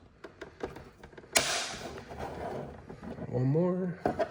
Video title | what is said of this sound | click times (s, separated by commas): Upgrading My Ford Mirrors with BOOST AUTO | You can kind of hear them click there. Just make sure they get released all the way. | 1.4 s